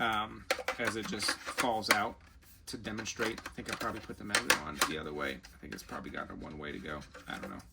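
Someone talks while handling a magnetic ring against an arc reactor replica body, fumbling with its orientation, with faint light taps and clicks between the words. The clip ends before the ring goes on, and nothing has seated or snapped into place yet.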